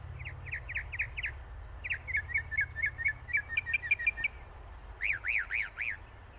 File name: طائر المحاكي الشمالي